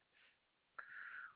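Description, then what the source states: Koala call: a single drawn-out tone holding a steady mid pitch for about half a second after a sharp onset, over faint background hiss. Recorded 5 12 2021.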